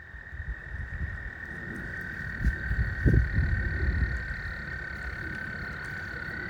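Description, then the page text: American toad giving one long, steady, unbroken trill over low rumbling noise. Maryland, USA. "Maryland Biodiversity. American Toad ( Anaxyrus americanus )"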